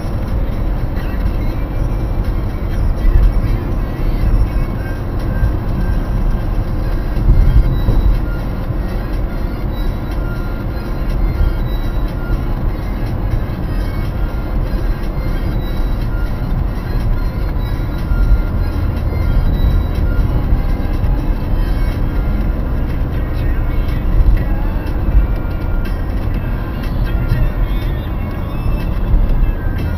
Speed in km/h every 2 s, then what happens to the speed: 72, 70, 68, 68, 68, 68, 68, 68, 66, 64, 62, 66, 66, 66, 62.
0-14 steady at about 68. 14-19 slows to 62. 19-30 steady at about 66.